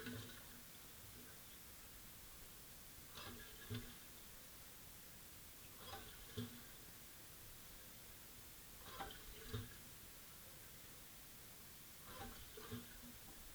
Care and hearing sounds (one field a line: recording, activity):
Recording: daily activity, guitar pickup as the sensor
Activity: flush